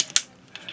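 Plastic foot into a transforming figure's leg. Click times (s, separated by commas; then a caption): 0.2 s. A second plastic foot is rotated into the right configuration and snapped into the leg of a transforming Siege Spinister figure from War for Cybertron. A faint click at 0.0 s and a tiny tick at 0.1 s lead to the loud, sharp plastic snap at 0.2 s as the foot seats in place. Two softer clicks follow at 0.6 s and 0.7 s.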